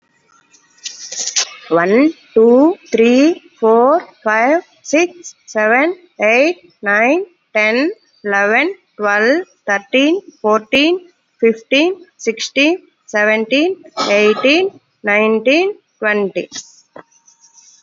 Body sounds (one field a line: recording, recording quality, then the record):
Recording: counting at a normal pace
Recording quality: excellent, no background noise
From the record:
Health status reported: COVID-19 positive, mild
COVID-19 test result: positive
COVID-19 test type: rapid antigen test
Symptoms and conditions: cough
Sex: female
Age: 31 years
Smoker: no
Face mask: not worn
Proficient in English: yes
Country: India